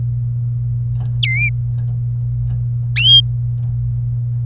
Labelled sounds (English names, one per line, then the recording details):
Domestic Canary song
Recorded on 26 April 2018 at 16:19
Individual llb3